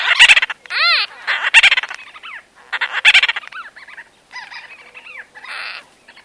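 White-fronted bee-eater calls: loud, nasal, harmonic-rich squawks and arched chevron notes given in quick bursts, with softer trilled notes between them.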